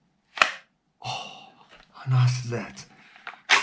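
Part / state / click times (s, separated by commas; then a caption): pistol into retention holster / seated / 0.4 s. An unloaded, cleared pistol is pushed into a rigid retention holster, and the retention snaps home with one sharp click at 0.4 s. Someone talks afterwards, and the pistol is seated in the holster.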